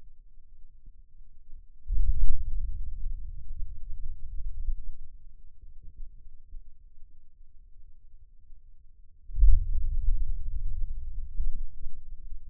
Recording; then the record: forearm muscle sounds (acoustic myography)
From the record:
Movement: hand opening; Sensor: system 2, bracelet of six BSWA MPA416 microphones around the upper forearm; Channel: 1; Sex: male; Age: 22 years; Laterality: right